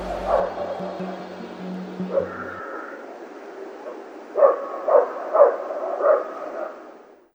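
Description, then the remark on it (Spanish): Dogs barking in the distance on a full-moon night: a few scattered barks at first, then a run of four sharp, evenly spaced barks that fade away at the end. “Huí con la solapa subida, pegándome a los muros, la luna llena y los perros ladraban a lo lejos.”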